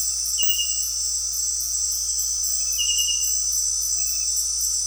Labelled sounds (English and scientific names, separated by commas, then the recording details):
none
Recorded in dense forest near Puerto Asís, Putumayo, Colombia, on 9 March 2025 at 18:30
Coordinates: 0.503, -76.323
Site GP09